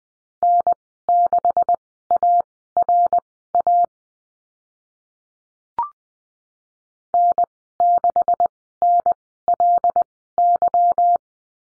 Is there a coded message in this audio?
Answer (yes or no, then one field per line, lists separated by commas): yes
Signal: Morse code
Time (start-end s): 0.4-11.2 s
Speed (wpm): 19 wpm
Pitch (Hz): 700 Hz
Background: none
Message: N6ARA N6NLY